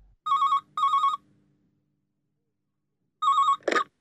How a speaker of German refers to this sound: Sie ist erst seit 5 Minuten zu Hause, da läutet das Telefon.